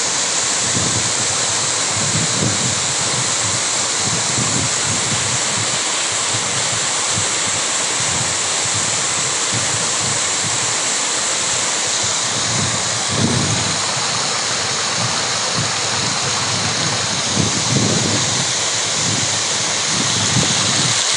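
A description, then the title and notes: A waterfall pours steadily, a dense, unbroken rush that stays level for the whole stretch, strongest in its bright hiss. Low thuds and surges well up underneath every few seconds, most clearly around 13 and 17 seconds, without breaking the constant roar. Waterfall of govind national park. I'm taking you on a walk in the Govind Wildlife Sanctuary, located in the Uttarkashi district of Uttarakhand, India.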